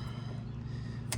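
A plastic push-in "Christmas tree" retainer clip is pressed back into its hole to secure the engine air box cover on a Chevy Trax during an air filter replacement. A steady low hum runs throughout, then a single sharp click sounds at 1.1 s as the clip snaps into place and seats.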